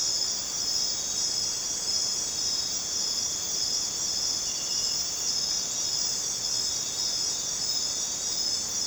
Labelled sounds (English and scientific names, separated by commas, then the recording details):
none
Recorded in dense forest near Puerto Asís, Putumayo, Colombia, on 29 June 2025 at 00:30
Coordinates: 0.484, -76.317
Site G045